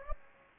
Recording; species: mosquito wingbeat signal from an infrared sensor; Anopheles gambiae